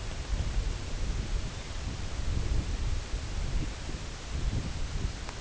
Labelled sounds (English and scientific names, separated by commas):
none